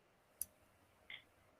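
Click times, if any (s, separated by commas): none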